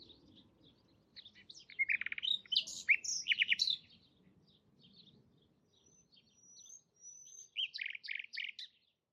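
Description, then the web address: Bird song, bursts of sharp high chirps and rapid trills in two phrases with a pause between, over faint low rumbling background noise. "Bird Only"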